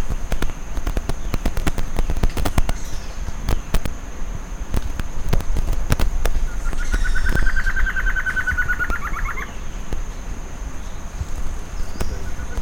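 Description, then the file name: Bird delivers a quick buzzy trill of about three seconds, amid sharp crackling clicks and a steady low rumble. "SABIOD 50 bird 2015"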